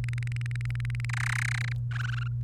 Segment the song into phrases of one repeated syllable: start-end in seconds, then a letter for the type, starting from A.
0.04-1.05 A, 1.09-1.73 B, 1.91-2.28 C